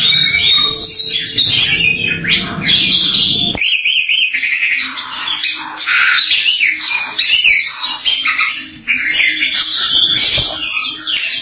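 Bali myna song, a dense run of harsh squawks, chatters and high whistled notes, with a low hum under the first few seconds.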